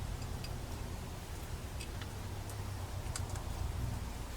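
An unnamed part is being handled and refitted back into its place on a rare first-ever electric-start Suzuki TC185 dirt bike during a restoration. Faint small ticks and taps sound over a steady low rumble, the sharpest at about 3.2 s. Nothing has seated or clicked into place yet.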